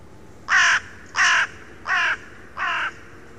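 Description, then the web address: Bird giving four harsh, nasal caws, each about a quarter second long, spaced evenly about two-thirds of a second apart over quiet background. "Deverinetal 2025 File origin Bird Only"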